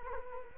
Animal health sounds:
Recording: mosquito wingbeat signal from an infrared sensor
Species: Culex quinquefasciatus

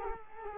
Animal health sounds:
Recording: mosquito wingbeat signal from an infrared sensor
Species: Culex quinquefasciatus

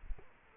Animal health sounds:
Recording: mosquito wingbeat signal from an infrared sensor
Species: Culex quinquefasciatus

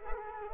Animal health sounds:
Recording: mosquito wingbeat signal from an infrared sensor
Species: Culex quinquefasciatus

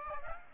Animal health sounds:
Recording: mosquito wingbeat signal from an infrared sensor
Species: Aedes aegypti

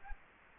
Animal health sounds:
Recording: mosquito wingbeat signal from an infrared sensor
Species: Culex quinquefasciatus

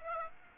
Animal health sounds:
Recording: mosquito wingbeat signal from an infrared sensor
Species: Aedes aegypti

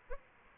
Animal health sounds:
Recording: mosquito wingbeat signal from an infrared sensor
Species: Aedes aegypti

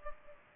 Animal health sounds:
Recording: mosquito wingbeat signal from an infrared sensor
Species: Culex pipiens

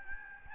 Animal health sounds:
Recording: mosquito wingbeat signal from an infrared sensor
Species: Aedes albopictus

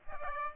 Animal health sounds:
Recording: mosquito wingbeat signal from an infrared sensor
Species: Aedes aegypti

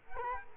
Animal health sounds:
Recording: mosquito wingbeat signal from an infrared sensor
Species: Culex quinquefasciatus

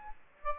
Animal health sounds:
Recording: mosquito wingbeat signal from an infrared sensor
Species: Aedes aegypti

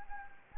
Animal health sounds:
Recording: mosquito wingbeat signal from an infrared sensor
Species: Anopheles gambiae

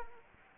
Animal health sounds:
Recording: mosquito wingbeat signal from an infrared sensor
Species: Anopheles arabiensis

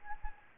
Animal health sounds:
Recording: mosquito wingbeat signal from an infrared sensor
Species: Anopheles arabiensis

